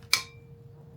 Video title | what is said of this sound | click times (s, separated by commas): Kingpin Dana 60 Hub Rebuild & Install | You heard it click in. | 0.1 s